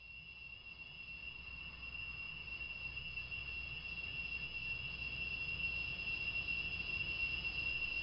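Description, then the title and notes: Continuous high cicada drone, even and sustained, gradually swelling slightly in loudness, with a dull low rumble underneath. Cicadas droning in forest surrounding the Angkor Wat temple complex near Siem Reap, Cambodia, on 7 December 2006. "cicadas drone in forest. Sounds of cicadas and crickets in the forest surrounding the Angkor Wat temple complex near Siem Reap, Cambodia. Dec 7 2006"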